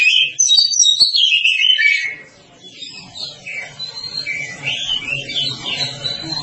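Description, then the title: Oriental magpie-robin singing a loud, varied run of whistled and chattering notes. Quieter warbling follows over a low background hum. "Kacer"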